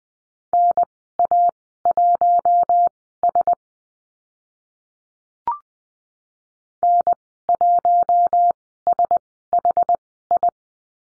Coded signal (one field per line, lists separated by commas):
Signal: Morse code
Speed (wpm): 20 wpm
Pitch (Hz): 700 Hz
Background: none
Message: NA1S N1SHI